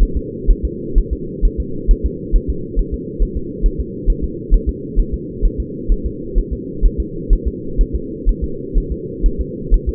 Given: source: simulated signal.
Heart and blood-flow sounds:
fetal heart sounds
0.03 s: S1
0.17 s: S2
0.51 s: S1
0.65 s: S2
0.98 s: S1
1.13 s: S2
1.45 s: S1
1.60 s: S2
1.91 s: S1
2.06 s: S2
2.36 s: S1
2.50 s: S2
2.79 s: S1
2.94 s: S2
3.23 s: S1
3.37 s: S2
3.66 s: S1
3.81 s: S2
4.10 s: S1
4.24 s: S2
4.54 s: S1
4.69 s: S2
5.00 s: S1
5.14 s: S2
5.46 s: S1
5.60 s: S2
5.92 s: S1
6.06 s: S2
6.38 s: S1
6.53 s: S2
6.85 s: S1
7.00 s: S2
7.33 s: S1
7.48 s: S2
7.81 s: S1
7.96 s: S2
8.29 s: S1
8.44 s: S2
8.78 s: S1
8.92 s: S2
9.26 s: S1
9.41 s: S2
9.74 s: S1
9.89 s: S2
From the record:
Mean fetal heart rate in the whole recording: 130 bpm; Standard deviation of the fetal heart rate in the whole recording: 4 bpm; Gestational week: 38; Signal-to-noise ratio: -4.3 dB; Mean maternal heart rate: 72 bpm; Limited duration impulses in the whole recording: present

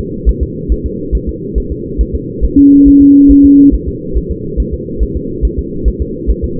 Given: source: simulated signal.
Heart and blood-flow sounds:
fetal heart sounds
0.29 s: S1
0.43 s: S2
0.72 s: S1
0.86 s: S2
1.15 s: S1
1.29 s: S2
1.58 s: S1
1.72 s: S2
2.01 s: S1
2.15 s: S2
2.45 s: S1
2.59 s: S2
2.88 s: S1
3.02 s: S2
3.31 s: S1
3.45 s: S2
3.74 s: S1
3.88 s: S2
4.17 s: S1
4.31 s: S2
4.60 s: S1
4.74 s: S2
5.03 s: S1
5.17 s: S2
5.45 s: S1
5.59 s: S2
5.88 s: S1
6.02 s: S2
6.30 s: S1
6.45 s: S2
From the record:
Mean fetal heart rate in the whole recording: 140 bpm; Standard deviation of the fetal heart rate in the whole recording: 2 bpm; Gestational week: 34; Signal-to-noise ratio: -6.6 dB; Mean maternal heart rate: 72 bpm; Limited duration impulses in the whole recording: present

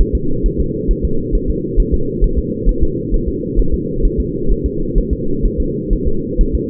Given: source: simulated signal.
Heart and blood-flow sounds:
fetal heart sounds
0.01 s: S1
0.15 s: S2
0.46 s: S1
0.60 s: S2
0.91 s: S1
1.05 s: S2
1.35 s: S1
1.50 s: S2
1.80 s: S1
1.94 s: S2
2.24 s: S1
2.38 s: S2
2.69 s: S1
2.83 s: S2
3.14 s: S1
3.28 s: S2
3.60 s: S1
3.74 s: S2
4.05 s: S1
4.20 s: S2
4.51 s: S1
4.66 s: S2
4.98 s: S1
5.13 s: S2
5.45 s: S1
5.60 s: S2
5.93 s: S1
6.07 s: S2
6.41 s: S1
6.55 s: S2
From the record:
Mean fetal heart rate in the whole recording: 130 bpm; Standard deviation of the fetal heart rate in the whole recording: 2 bpm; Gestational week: 38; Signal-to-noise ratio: -8.1 dB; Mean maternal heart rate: 72 bpm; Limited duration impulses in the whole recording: absent

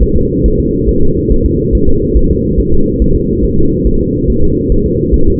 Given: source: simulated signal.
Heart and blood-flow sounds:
fetal heart sounds
0.03 s: S1
0.17 s: S2
0.46 s: S1
0.60 s: S2
0.89 s: S1
1.03 s: S2
1.32 s: S1
1.46 s: S2
1.75 s: S1
1.89 s: S2
2.17 s: S1
2.31 s: S2
2.60 s: S1
2.74 s: S2
3.02 s: S1
3.16 s: S2
3.44 s: S1
3.59 s: S2
3.87 s: S1
4.01 s: S2
4.30 s: S1
4.44 s: S2
4.72 s: S1
4.86 s: S2
5.14 s: S1
5.28 s: S2
From the record:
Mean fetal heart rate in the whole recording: 140 bpm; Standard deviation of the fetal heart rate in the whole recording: 2 bpm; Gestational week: 34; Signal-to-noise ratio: -17.7 dB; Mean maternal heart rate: 72 bpm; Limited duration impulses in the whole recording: present

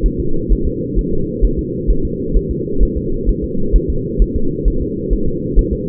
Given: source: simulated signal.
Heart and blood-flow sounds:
fetal heart sounds
0.06 s: S1
0.20 s: S2
0.52 s: S1
0.67 s: S2
0.99 s: S1
1.13 s: S2
1.45 s: S1
1.59 s: S2
1.91 s: S1
2.05 s: S2
2.37 s: S1
2.51 s: S2
2.83 s: S1
2.97 s: S2
3.29 s: S1
3.44 s: S2
3.76 s: S1
3.90 s: S2
4.22 s: S1
4.36 s: S2
4.68 s: S1
4.82 s: S2
5.13 s: S1
5.28 s: S2
5.59 s: S1
5.73 s: S2
From the record:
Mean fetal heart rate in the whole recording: 130 bpm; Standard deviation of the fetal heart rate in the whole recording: 2 bpm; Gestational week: 36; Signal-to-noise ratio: -8.1 dB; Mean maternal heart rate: 72 bpm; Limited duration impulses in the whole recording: absent

